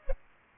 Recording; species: mosquito wingbeat signal from an infrared sensor; Aedes aegypti